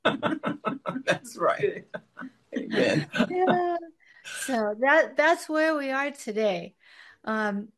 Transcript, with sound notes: That's right. Amen.
(laughs) Yeah. So, that- that's where we are today.